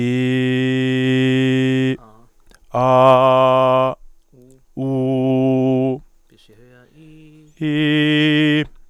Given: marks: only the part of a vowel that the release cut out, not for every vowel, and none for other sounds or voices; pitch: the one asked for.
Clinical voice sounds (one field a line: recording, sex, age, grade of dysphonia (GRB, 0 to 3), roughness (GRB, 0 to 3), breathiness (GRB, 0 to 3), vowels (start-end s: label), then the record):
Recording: sustained vowels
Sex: male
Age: 20 to 29 years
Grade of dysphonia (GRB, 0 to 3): 0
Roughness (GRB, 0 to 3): 0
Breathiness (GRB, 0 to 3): 0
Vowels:
0.00-1.83 s: vowel /i/, normal pitch
3.15-3.83 s: vowel /a/, normal pitch
4.84-5.87 s: vowel /u/, normal pitch
7.65-8.56 s: vowel /i/, high pitch
From the record:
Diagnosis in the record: healthy voice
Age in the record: 28 years